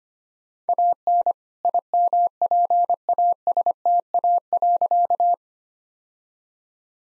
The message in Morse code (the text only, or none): AN IMPASTA.